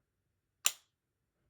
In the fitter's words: And then when you close it, it's a nice little click.